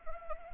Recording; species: mosquito wingbeat signal from an infrared sensor; Anopheles arabiensis